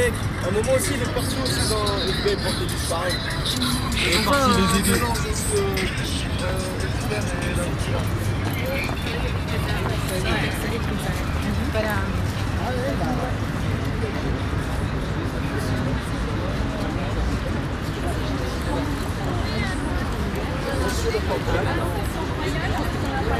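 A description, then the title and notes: A crowd of people chatting outdoors on an island in the Seine, many overlapping voices forming a steady, dense babble. A low rumble of traffic runs underneath throughout, and the level stays even for the whole stretch. Leisure on Île saint Louis/Ontspanning op Île saint Louis Paris.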